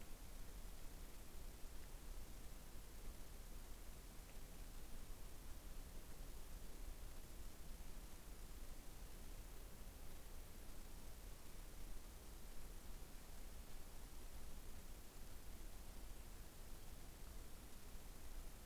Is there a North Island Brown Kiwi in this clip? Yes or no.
no